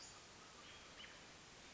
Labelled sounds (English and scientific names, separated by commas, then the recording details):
Western Flycatcher (Empidonax difficilis)
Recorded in Sonoma County, California